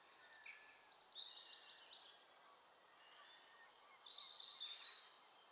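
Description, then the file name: European robin giving two high, tinkling, warbled phrases separated by a short pause, with steady background hiss. "Erithacus rubecula"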